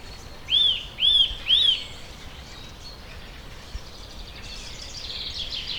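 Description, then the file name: Eurasian nuthatch calling: three loud, clear arched whistles in quick succession, then only faint sounds and soft background hiss. "Sitta europaea"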